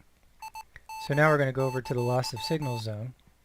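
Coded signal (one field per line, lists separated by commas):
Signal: Morse code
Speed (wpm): 18 wpm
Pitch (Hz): 880 Hz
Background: speech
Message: ID!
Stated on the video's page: Morse from a Unity game asset, keyed by selectable iambic paddle or straight key, with loss-of-signal and jammer zones.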